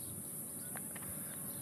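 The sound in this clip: Cicadas give a continuous, high, steady buzzing drone that runs unbroken throughout, with a faint low background hum and a few brief soft sounds.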